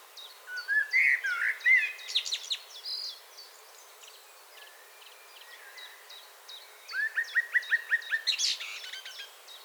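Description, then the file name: Common blackbird opening with warbled whistles, a quieter stretch of high chirps, then a rapid run of about eight short repeated notes and a high flourish. "Turdus merula"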